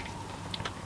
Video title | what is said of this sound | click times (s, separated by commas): MK6 Fiesta ST150 Gets All The Interior Van Panels Fitted- THIS IS A MUST IF YOU HAVE NO REAR SEATS | and then you can see me there clicking it into the secondary bit of trim | 0.5 s, 0.7 s